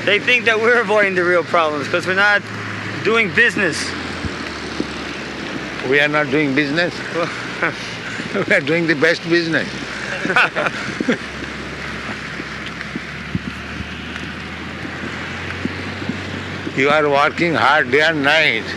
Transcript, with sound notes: They think that we're avoiding the real problems, because we're not doing business.
We are not doing business? [laughs] We are doing the best business. You are working hard day and night,